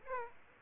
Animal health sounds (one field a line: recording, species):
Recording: mosquito wingbeat signal from an infrared sensor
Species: Aedes aegypti